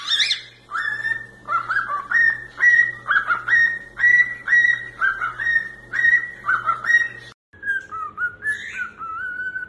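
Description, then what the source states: Cockatiel whistled song: a rapid series of clear whistled notes, some rising, repeated about twice a second, with a brief pause before a final wavering phrase. Whistling song of cockatiels, more than one bird.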